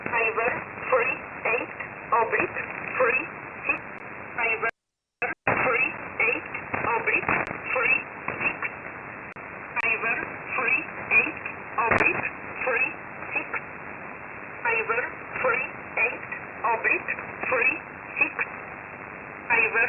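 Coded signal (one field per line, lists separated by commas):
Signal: numbers station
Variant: E11 Oblique, English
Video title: 07 06 2021 Number station E11 Oblique in English to Eu 0900 on 7449 unknown tx site in USB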